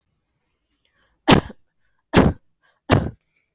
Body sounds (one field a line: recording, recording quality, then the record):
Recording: heavy voluntary cough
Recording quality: excellent, no background noise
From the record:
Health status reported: healthy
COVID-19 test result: negative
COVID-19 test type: RT-PCR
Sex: female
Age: 30 years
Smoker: no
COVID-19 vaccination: one dose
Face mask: not worn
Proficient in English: yes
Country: India